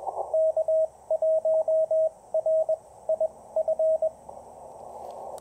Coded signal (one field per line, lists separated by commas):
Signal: Morse code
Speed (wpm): 21 wpm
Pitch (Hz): 640 Hz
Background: radio noise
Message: K1RIF